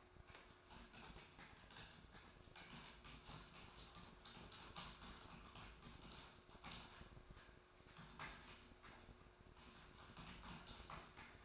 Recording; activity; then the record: daily activity, microphone in the room; typing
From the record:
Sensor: 2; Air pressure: 1004.3 hPa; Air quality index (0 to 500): 188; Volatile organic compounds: 10 ppm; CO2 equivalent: 2250 ppm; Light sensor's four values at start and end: 4/11/4/4 and 4/11/4/4